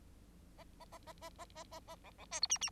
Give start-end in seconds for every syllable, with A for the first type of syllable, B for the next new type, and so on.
0.58-0.64 A, 0.80-0.85 A, 0.91-0.98 A, 1.06-1.12 A, 1.21-1.29 A, 1.38-1.45 A, 1.55-1.64 A, 1.71-1.79 A, 1.87-1.96 A, 2.04-2.11 B, 2.18-2.25 B, 2.31-2.40 C, 2.42-2.47 D, 2.49-2.58 E, 2.61-2.70 E